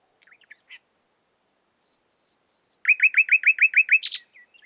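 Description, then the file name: Common nightingale song: a series of clear whistled notes rising in loudness, then a rapid run of repeated downslurred chirps, ending in a harsh buzzy burst. "Luscinia megarhynchos"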